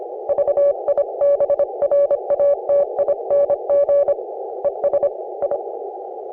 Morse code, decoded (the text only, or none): VIBRATING ES I